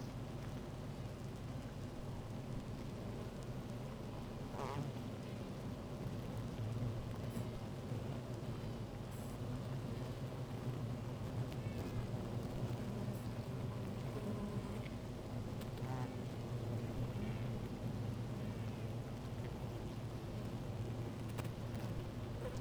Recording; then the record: honeybee colony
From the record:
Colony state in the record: active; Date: 28 July 2017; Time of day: 16:21